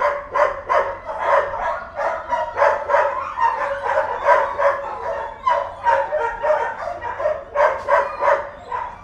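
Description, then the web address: Dogs barking steadily, the barks repeating about three times a second with little pause throughout. More than one dog barking. "Tom Hutchings Dogs Barking"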